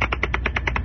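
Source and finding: Adult teeth grinding, radio ad recording. Bruxism (teeth grinding).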